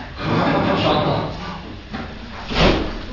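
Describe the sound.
A door swings shut with a short, dull thud as someone leaves, after a stretch of shuffling movement, while indistinct voices murmur underneath.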